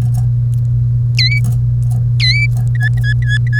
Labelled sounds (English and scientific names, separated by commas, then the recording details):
Domestic Canary (Serinus canaria) song
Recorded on 1 May 2018 at 07:17
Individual llb3